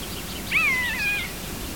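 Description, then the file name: Common buzzard giving a single drawn-out mewing call that slides down in pitch, with faint bird chatter in the background. "Poiana"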